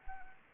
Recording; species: mosquito wingbeat signal from an infrared sensor; Anopheles arabiensis